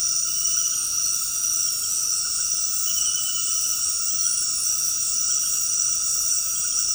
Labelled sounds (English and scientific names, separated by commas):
none